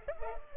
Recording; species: mosquito wingbeat signal from an infrared sensor; Culex pipiens